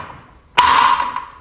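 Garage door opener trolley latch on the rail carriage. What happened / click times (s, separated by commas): The trolley latch was pulled and released / 0.6 s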